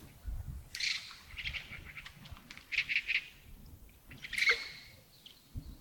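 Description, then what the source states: Bird calls, short mid-high notes in small groups, then a loud sharp call sweeping downward, over low background noise. Early morning at Yagongding, 28 December 2025, around 07:40.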